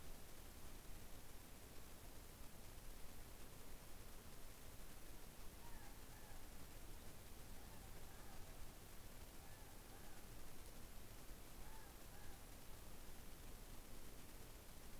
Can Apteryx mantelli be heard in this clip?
no